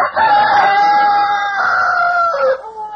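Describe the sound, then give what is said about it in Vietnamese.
Roosters crow at dawn, a loud, long, wavering cock-a-doodle-doo that holds for nearly three seconds, with a second bird's call overlapping and trailing off at the end. “Anh ta đi không bao lâu thì phía trước nghe tiếng gà đua gái hướng đông thấy ló dạng mây ngang.”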